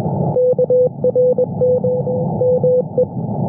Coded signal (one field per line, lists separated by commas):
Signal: Morse code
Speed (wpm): 22 wpm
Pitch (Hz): 500 Hz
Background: none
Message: KRM ME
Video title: Intrusión diaria en 15 metros: 21,438 kHz CW, QTCs de "RCV"